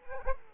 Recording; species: mosquito wingbeat signal from an infrared sensor; Culex quinquefasciatus